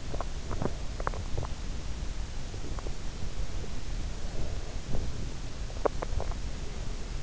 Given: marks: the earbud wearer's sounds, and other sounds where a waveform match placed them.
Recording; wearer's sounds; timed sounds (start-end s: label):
sounds in sleep by an in-ear microphone; body movement
0.00-1.79 s: body movement
5.75-6.36 s: body movement